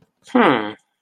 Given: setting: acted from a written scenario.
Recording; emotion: vocal sound without words; interest